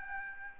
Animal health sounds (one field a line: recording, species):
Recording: mosquito wingbeat signal from an infrared sensor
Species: Aedes albopictus